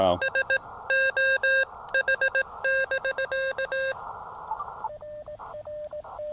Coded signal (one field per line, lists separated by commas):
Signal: Morse code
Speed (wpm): 18 wpm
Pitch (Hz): 1600 Hz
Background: none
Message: S O H<BK>